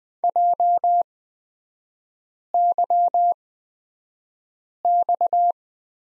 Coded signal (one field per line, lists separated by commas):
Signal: Morse code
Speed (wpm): 20 wpm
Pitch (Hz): 700 Hz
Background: none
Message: JYX